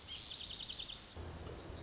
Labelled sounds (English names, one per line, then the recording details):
Lazuli Bunting
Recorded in Sonoma County, California